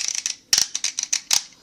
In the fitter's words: until you hear some loud clicks like that.